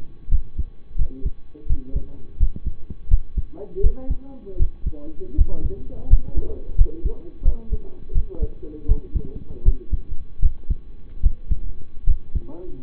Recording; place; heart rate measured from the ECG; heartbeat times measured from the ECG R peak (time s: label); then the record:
heart sounds by stethoscope; between the tricuspid and mitral areas; 82 bpm
0.29 s: heartbeat
0.96 s: heartbeat
1.66 s: heartbeat
2.37 s: heartbeat
3.08 s: heartbeat
3.80 s: heartbeat
4.57 s: heartbeat
5.35 s: heartbeat
6.07 s: heartbeat
6.75 s: heartbeat
7.42 s: heartbeat
8.12 s: heartbeat
8.85 s: heartbeat
9.62 s: heartbeat
10.39 s: heartbeat
11.20 s: heartbeat
12.04 s: heartbeat
From the record:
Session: rest, lying down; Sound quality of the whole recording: partially saturated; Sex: male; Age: 25 years